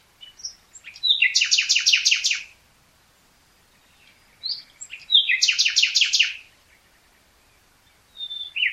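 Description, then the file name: Common nightingale song: two matching phrases of a few soft notes leading into a fast, loud rattling trill, repeated about four seconds apart. "Luscinia megarhynchos"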